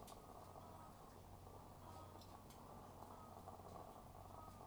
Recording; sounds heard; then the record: poultry house recording; sick chickens (respiratory disease)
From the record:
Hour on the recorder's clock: 12